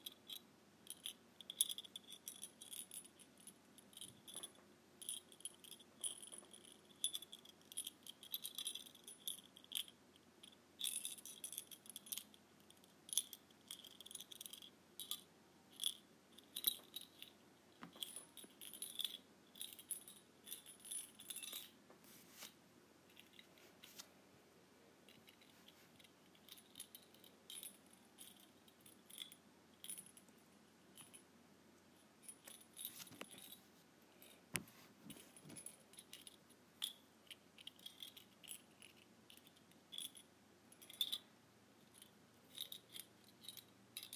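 A tiny bell tinkles and jingles throughout, in quick irregular clusters of bright, thin rings that rise and fade. The shaking comes in uneven bursts with short pauses, over a faint low hum that stays steady underneath the whole time.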